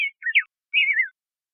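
Rose-breasted grosbeak song fragment: three short, sweet warbled phrases, the last a longer slurred run that falls slightly, all within about one second.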